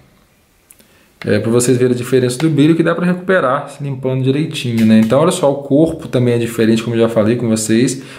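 The crooked, poorly fitted arm of an older plastic Bandai Cloth Myth Pegasus Seiya action figure (V2 1.0) is pushed back into its shoulder joint. It snaps into place with a sharp click at 0.7 s, seating properly. Someone then talks for the rest of the clip.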